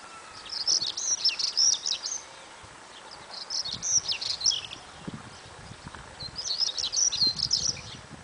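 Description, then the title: Stonechat singing brief, scratchy, high-pitched warbled bursts about every three seconds, each a quick jumble of chirps, with soft background hiss. "Cate saltimpalo"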